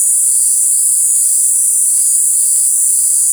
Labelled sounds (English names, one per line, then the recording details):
none
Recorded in forest near Pivijay, Magdalena, Colombia, on 3 June 2023 at 18:30
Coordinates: 10.467, -74.380
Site Z5-G034